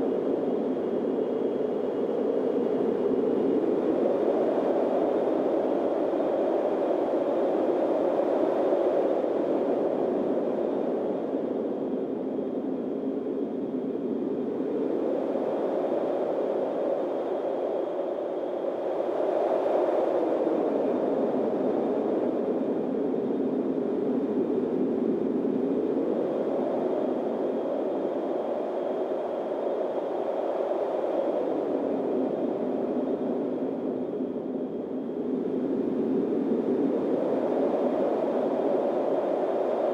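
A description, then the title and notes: A steady, dense windstorm rushes without pause, its low-to-middle roar swelling and easing in slow gusts roughly every ten seconds, near 5, 18, 30 and 38 seconds. A faint, thin high whine holds constant underneath throughout. Wispy Windstorm Ambient Noise.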